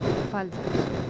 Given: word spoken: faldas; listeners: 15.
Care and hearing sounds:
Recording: one Spanish word in noise, from a listening test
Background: noise modulated by three-talker babble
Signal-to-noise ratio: -5.7 dB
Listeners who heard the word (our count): 3 of 15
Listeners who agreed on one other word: 8 of 15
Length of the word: 0.71 s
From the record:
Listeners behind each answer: 8, 3, 2, 1, 1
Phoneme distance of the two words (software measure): 10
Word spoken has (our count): 2 syllables, 6 phonemes, stress on syllable 1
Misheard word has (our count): 2 syllables, 6 phonemes, stress on syllable 1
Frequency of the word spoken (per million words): 7.57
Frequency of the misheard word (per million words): 10.23

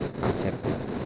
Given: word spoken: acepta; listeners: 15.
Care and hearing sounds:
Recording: one Spanish word in noise, from a listening test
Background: noise modulated by three-talker babble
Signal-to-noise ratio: -5.5 dB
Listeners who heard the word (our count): 1 of 15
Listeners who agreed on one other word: 6 of 15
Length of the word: 0.65 s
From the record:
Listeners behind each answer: 6, 2, 1, 1, 1, 1, 1, 1, 1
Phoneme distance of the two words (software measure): 17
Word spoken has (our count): 3 syllables, 6 phonemes, stress on syllable 2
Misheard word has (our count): 3 syllables, 7 phonemes, stress on syllable 3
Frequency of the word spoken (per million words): 22.98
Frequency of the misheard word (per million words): 2.87

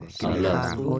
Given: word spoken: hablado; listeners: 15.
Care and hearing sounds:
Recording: one Spanish word in noise, from a listening test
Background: four-talker babble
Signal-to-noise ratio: -2.1 dB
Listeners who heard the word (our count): 0 of 15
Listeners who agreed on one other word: 9 of 15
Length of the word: 0.59 s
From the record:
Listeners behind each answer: 9, 2, 1, 1, 1, 1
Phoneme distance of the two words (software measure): 17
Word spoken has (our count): 3 syllables, 6 phonemes, stress on syllable 2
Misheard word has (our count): 2 syllables, 5 phonemes, stress on syllable 2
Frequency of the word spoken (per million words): 30.36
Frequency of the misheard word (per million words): 197.47

